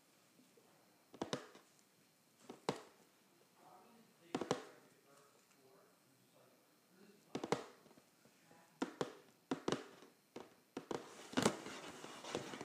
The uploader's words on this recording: ASMR Scratching and Tapping a Cardboard Box.